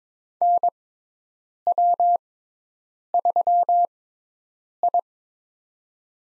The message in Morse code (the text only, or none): NW3I